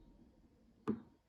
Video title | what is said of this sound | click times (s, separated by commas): How To Change a Tag Heuer Quartz Watch Battery | I hear that little click that meant it | 0.9 s